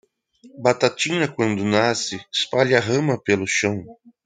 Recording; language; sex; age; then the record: short text; Brazilian Portuguese; male; 30 to 39 years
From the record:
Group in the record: control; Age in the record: 32 years